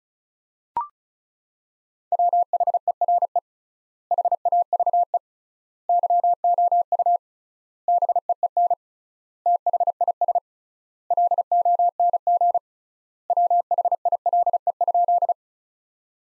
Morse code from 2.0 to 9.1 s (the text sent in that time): WHERE HAVE YOU BEEN